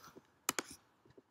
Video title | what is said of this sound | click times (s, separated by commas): How to use a Ratchet Strap Tie Down Short Simple Easy Fast 3 Min Video DIY Luggage Crossbar Roofrack | and push it down all the way so you hear a little click it's hard to hear but you push it down all the way and | 0.5 s